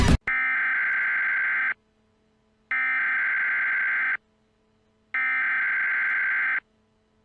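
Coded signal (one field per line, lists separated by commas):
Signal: Emergency Alert System (SAME) tones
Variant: header bursts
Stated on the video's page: Fictional EAS nuclear power plant warning; tones may be valid.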